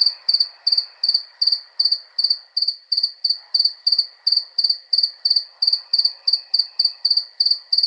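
Cricket call of quick pulsed chirps, about three per second, steady and evenly spaced throughout.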